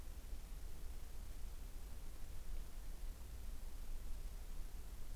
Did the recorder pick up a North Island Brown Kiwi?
no